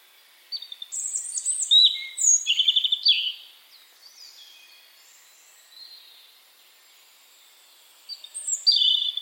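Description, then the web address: European robin song: a varied phrase of high, thin warbles, trills and sliding whistles, then quieter notes and a pause before a second phrase starts near the end. "cianscape birddata Deverinetal 2025 File origin Bird Only Er Ru"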